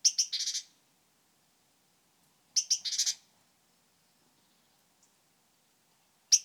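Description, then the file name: Great tit calls: short ticking notes leading into a harsh, buzzing chatter, repeated twice, then a final note begins. "Parus major"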